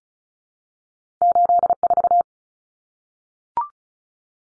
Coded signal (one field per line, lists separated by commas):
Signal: Morse code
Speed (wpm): 34 wpm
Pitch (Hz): 700 Hz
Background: none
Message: 84